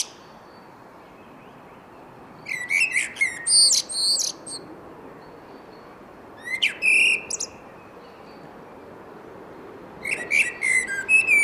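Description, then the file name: Eurasian blackbird singing three phrases after a quiet start, each a short mellow whistle followed by high, squeaky, chattering notes. "Turdus merula"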